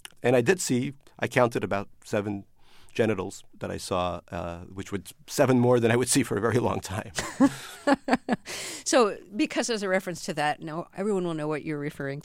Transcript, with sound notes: And I did see; I counted about seven genitals that I saw, which was seven more than I would see for a very long time.
(LAUGHTER)
So, because there's a reference to that; now everyone will know what you're referring to.